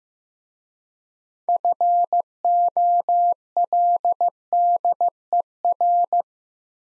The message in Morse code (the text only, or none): FOLDER